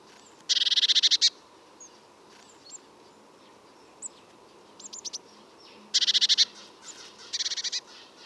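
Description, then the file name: Eurasian blue tit with loud, rapid pulsed churring rattles in three bursts, plus a few faint short notes between them. "Cyanistes caeruleus"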